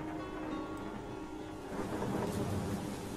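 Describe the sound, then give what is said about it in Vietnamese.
Heavy rain pours down steadily while a deep, low thunder rumble swells and rolls beneath it, growing louder in the second half. “Mấy canh giờ sau, ở bên ngoài, trời đổ mưa, cơn mưa mỗi lúc một lớn, sấm chớp lập lòe vang rền lên giận dữ.”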